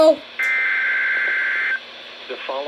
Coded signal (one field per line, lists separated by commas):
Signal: Emergency Alert System (SAME) tones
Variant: header bursts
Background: speech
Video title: January 11, 2021 Child Abduction Emergency On WXN92 [EAS #366]